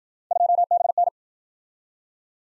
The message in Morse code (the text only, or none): 2BN